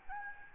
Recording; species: mosquito wingbeat signal from an infrared sensor; Aedes albopictus